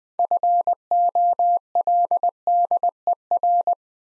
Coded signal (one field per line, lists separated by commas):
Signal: Morse code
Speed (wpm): 20 wpm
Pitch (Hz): 700 Hz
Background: none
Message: FOLDER